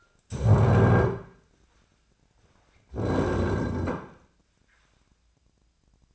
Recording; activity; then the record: daily activity, microphone in the room; stand up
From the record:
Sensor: 2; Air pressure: 1009.1 hPa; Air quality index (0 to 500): 172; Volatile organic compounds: 2 ppm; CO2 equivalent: 1252 ppm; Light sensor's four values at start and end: 36/96/41/44 and 38/99/42/45